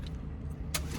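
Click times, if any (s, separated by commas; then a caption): 0.8 s. The driver presses the release on a seat belt buckle, and the metal tongue pops out with a sharp unclick at 0.8 s over a low vehicle rumble. The seat belt is released.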